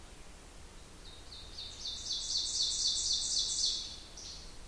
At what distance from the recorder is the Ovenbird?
about 30 m